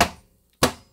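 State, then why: Seated. An overhead soft-close interior storage cabinet door, deep enough for full-size plates, is closed in a 2024 Unity Murphy Bed Lounge motorhome. Two sharp hits ring out at 0.0 s and 0.6 s, each fading quickly, with a faint soft sound just before the second. The door latches shut and locks in place.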